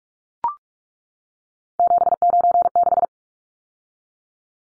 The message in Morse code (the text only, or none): 796